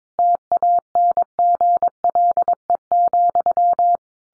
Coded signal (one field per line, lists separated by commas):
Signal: Morse code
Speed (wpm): 22 wpm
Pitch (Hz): 700 Hz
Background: none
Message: TANGLE,